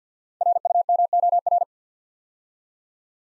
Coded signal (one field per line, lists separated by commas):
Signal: Morse code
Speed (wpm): 48 wpm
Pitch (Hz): 700 Hz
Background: none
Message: RUMOR